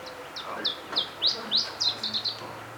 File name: iberischer zilpzalp